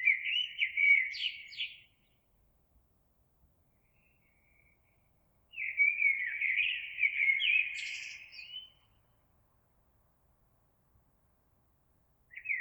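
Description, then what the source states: Eurasian blackbird singing melodious warbled phrases separated by pauses of a few seconds, the second phrase including a thin high squeak. Recorded 26 April 2022.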